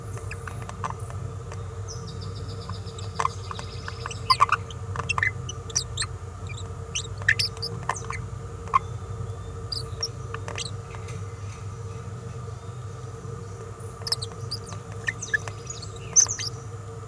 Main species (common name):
Green-rumped Parrotlet